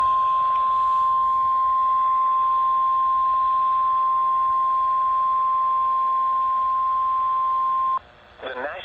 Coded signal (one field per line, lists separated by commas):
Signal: Emergency Alert System (SAME) tones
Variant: 1050 Hz attention tone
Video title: (EAS #467) Severe Thunderstorm Warning for Stephenson, Illinois